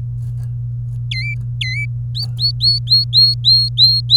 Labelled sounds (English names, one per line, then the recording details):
Domestic Canary song
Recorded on 24 April 2018 at 13:19
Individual llb3